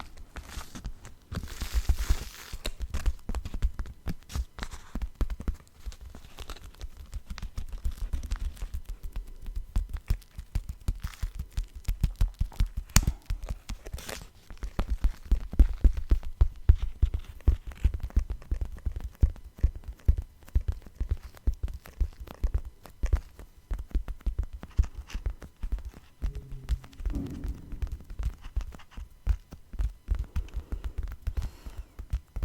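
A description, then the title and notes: Tapping goes on densely and fast throughout, a soft patter of many small strikes with a low, thudding body under crisp clicks. The pace stays busy with slight swells in loudness, and a brief low hum-like tone appears around 26 to 28 seconds. Tapping No Talking.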